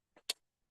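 A carved wooden self-nock at the end of an arrow is pressed onto a bowstring: a soft brief rustle at about 0.2 s is followed by a sharp, bright click at 0.3 s as the nock snaps onto the string. The nock is seated, and the arrow then hangs from the bowstring without falling.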